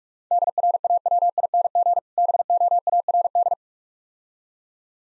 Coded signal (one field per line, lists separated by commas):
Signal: Morse code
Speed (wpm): 46 wpm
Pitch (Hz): 700 Hz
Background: none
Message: DRAWING BOARD